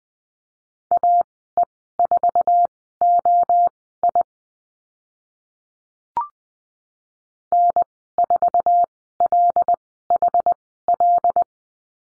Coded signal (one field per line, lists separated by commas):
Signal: Morse code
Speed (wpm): 20 wpm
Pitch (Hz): 700 Hz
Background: none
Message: AE4OI N4LHL